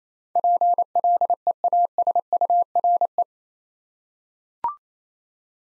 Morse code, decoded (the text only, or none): PLEASURE